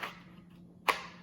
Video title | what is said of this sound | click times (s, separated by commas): 3 River Kydex Holster Review | i mean positive click | 0.9 s